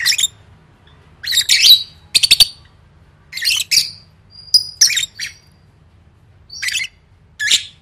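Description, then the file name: Lovebird chirps in short, spaced bursts of sharp, high notes, with several quick clicks and quiet stretches between calls. "tieng vet mau don"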